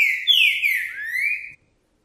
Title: Seu TRINCA Piando, Cantando E Macheando Na DISPUTA. O VERDADEIRO PERDI MEU BOI! Trinca Ferro CANTANDO e MACHEANDO!